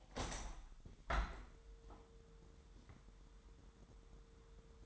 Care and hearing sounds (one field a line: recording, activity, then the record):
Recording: daily activity, microphone in the room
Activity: open window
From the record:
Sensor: 3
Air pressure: 1000.2 hPa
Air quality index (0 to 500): 230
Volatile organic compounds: 109 ppm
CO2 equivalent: 3808 ppm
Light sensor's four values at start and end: 10/23/9/9 and 10/24/10/10